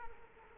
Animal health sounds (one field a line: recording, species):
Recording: mosquito wingbeat signal from an infrared sensor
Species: Culex quinquefasciatus